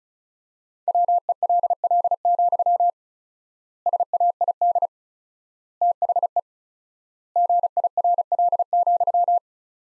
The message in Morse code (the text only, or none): WELL, SAID THE GIRL,